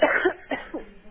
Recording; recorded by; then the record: voluntary cough; telephone call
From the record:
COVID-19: positive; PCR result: checked with the laboratory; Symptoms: no